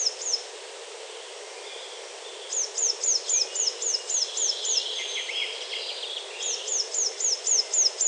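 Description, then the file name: Eurasian blue tit call: rapid series of high, thin, descending notes repeated evenly in three runs, with hiss between them. "Cyanistes caeruleus"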